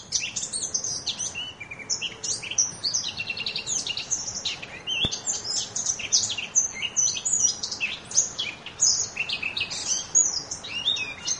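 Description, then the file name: Eurasian blackcap singing a long, busy warble of rapid high notes, one sharp click partway, the chatter continuing unbroken to the end. "moenchsgrasmuecke"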